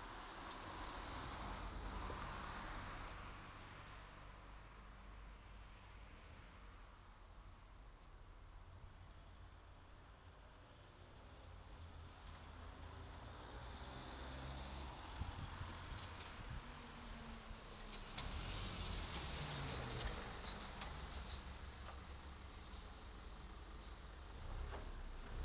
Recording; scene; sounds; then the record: everyday scene through a hearing-aid microphone; in traffic; traffic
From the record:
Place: city secondary road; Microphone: in the ear canal, right